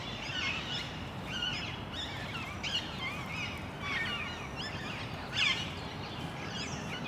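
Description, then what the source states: Parakeets giving harsh, screechy calls scattered throughout, over a steady low background rumble. Recorded in Parc Duden, Forest, Brussels, Belgium, just before nightfall; Zoom MicTrak M4 internal XY microphones.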